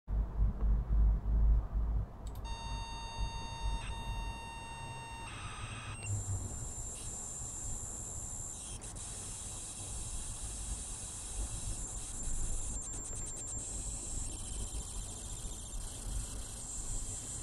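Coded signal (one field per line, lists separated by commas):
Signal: ZX Spectrum tape loading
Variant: k7zx fast loader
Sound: low rumble, then a steady buzzy square-wave tone for three seconds, then harsh high hiss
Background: low rumble at start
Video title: ZX SPECTRUM fast loading with PC Skooldaze k7zx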